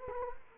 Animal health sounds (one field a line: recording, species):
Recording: mosquito wingbeat signal from an infrared sensor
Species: Culex quinquefasciatus